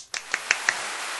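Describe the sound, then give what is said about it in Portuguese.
Four sharp, evenly spaced hand claps ring out over a faint steady hiss, like a brief, sparse round of applause from one person. “Aplausos para o amém.”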